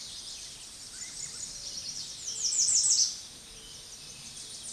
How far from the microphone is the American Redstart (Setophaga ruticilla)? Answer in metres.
about 5 m